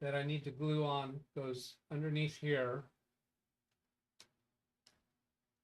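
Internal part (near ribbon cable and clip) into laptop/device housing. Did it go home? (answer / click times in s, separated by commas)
no / none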